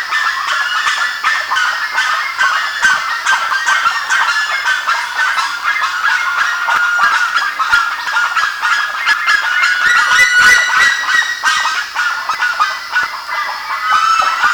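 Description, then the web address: Bird flock giving loud, harsh calls that overlap thickly and steadily throughout, with a sharp burst near the tenth second. "BIRD 2015 SABIOD bird 2015"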